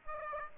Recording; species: mosquito wingbeat signal from an infrared sensor; Aedes aegypti